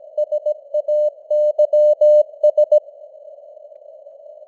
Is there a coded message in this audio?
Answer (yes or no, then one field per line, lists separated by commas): yes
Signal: Morse code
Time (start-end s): 0.2-2.8 s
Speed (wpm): 17 wpm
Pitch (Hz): 600 Hz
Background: none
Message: SAYS